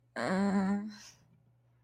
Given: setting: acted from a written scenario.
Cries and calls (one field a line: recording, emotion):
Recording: vocal sound without words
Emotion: embarrassment